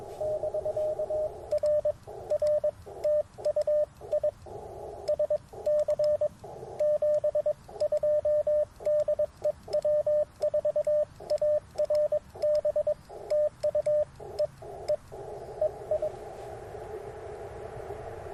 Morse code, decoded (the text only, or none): <BK> RR TU ISC 72 DE W4ARB TU E E EI